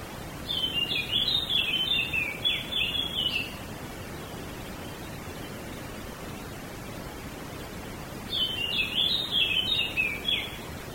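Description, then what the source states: Small birds singing, two bursts of high twittering phrases at the start and near the end, over constant low rumbling background noise. Small birds in a wood.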